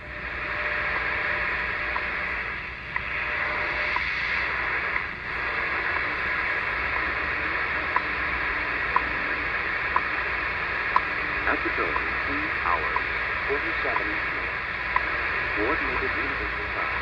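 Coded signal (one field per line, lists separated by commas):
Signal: radio time signal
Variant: WWV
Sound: heavy shortwave hiss with faint short ticks once each second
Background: radio static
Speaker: so WWV in Fort Collins Colorado on the good old realistic dx100 analog receiver and I'm plugged on the end fed antenna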